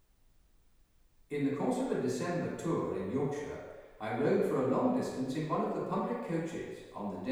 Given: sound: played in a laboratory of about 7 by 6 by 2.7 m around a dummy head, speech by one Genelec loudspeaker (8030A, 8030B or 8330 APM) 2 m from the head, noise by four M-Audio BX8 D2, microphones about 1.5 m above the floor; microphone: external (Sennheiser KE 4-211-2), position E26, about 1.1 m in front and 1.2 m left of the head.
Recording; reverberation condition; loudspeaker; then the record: male speech in English; high; 150 degrees to the left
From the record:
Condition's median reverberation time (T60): about 1300 ms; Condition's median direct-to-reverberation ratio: about -4.0 dB